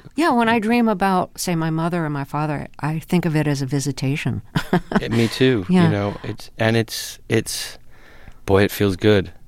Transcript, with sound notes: When I dream about, say, my mother or my father, I think of it as a visitation (laughter).
Me too.
Yeah.
You know, and it's - boy, it feels good.